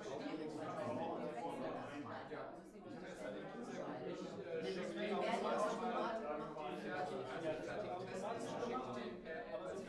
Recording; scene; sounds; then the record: everyday scene through a hearing-aid microphone; many people talking; many voices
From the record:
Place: bistro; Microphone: behind the ear, right, rear